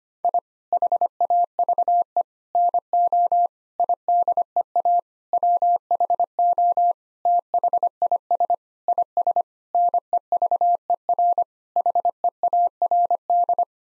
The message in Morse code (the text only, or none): I HAVE NO IDEA WHO THIS IS NEVER HEARD